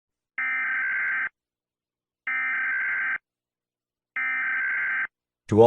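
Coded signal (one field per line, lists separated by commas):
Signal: Emergency Alert System (SAME) tones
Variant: header bursts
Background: speech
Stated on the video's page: Fictional EAS scenario of a California earthquake, with valid EAS tones.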